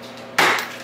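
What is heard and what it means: A plastic interior access panel in the cab of a Maverick X3 side-by-side UTV is pulled off to reach the wiring for an engine temperature gauge install. After a quiet stretch, it pops free of its clips with one sharp, bright pop at 0.4 s that fades over the next few tenths of a second. The panel comes off, held only by clips with no screws.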